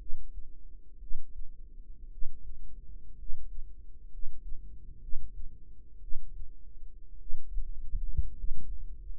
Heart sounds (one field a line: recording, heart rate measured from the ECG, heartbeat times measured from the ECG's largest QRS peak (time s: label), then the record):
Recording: heart sounds by microphone in the right ear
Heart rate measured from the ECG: 57 bpm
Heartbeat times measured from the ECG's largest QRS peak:
0.98 s: heartbeat
2.09 s: heartbeat
3.15 s: heartbeat
4.09 s: heartbeat
4.99 s: heartbeat
5.99 s: heartbeat
7.17 s: heartbeat
8.34 s: heartbeat
From the record:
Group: healthy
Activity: rest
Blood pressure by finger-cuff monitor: 103/52 mmHg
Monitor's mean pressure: 65 mmHg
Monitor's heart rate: 59 bpm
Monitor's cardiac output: 5.5 L/min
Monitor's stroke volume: 91 mL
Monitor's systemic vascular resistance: 860 dyn s/cm5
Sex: male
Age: 25 years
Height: 170 cm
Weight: 70.4 kg